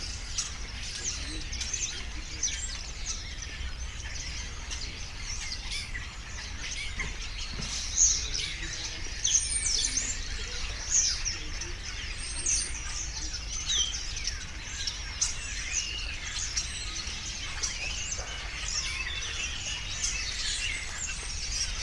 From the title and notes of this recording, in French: Masevaux lotissement. 17h. Marantz pmd620Étourneaux (sansonnet).